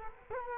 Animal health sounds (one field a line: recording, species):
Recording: mosquito wingbeat signal from an infrared sensor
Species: Culex quinquefasciatus